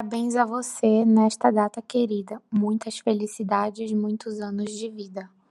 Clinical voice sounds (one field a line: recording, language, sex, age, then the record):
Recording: short text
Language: Brazilian Portuguese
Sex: female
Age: 20 to 29 years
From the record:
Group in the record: control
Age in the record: 27 years